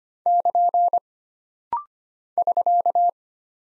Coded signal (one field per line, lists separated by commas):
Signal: Morse code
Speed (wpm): 25 wpm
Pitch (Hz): 700 Hz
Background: none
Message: <KN> <SK>